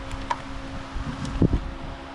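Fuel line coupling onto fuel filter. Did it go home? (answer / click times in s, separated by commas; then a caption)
yes / 0.3 s. A fuel line quick-connect on a Mercury 250 Pro XS 4-Stroke outboard is pushed back onto the fuel filter and gives a sharp click at 0.3 s as it seats in place. A pair of dull low thumps follows around 1.4–1.5 s over a steady low hum.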